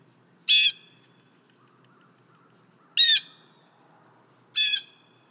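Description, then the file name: Blue jay calling with three loud, rasping jeers spaced unevenly over five seconds. "Blue Jay - Cyanocitta cristata"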